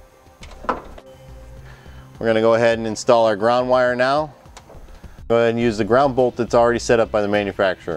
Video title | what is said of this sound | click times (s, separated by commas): etrailer - Trailer Wiring Harness Installation - 2010 Chevrolet Express Van 31345 | Press them firmly together, making sure the locking tab snaps in place. | 0.7 s